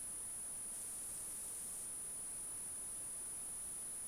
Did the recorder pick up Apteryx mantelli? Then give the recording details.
no. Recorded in New Zealand on 14 February 2012. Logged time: 02:13. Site DH65